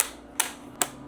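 On another leg of a HOMLAND T8 toilet safety rail, a foot extension with a spring push pin is pushed into the leg tube. Two sharp clicks sound at 0.4 s and 0.8 s over a quiet background. The push pin clicks into place and the foot is seated.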